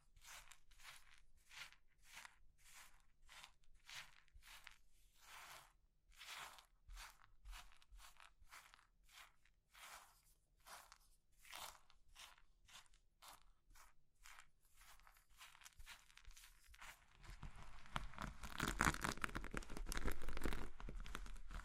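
Crushing of brittle material such as chalk or soap, heard as a steady series of sharp crunches roughly every half second for the first seventeen seconds. After that the crunches blur into a denser, louder grinding with a low rumble underneath until the end.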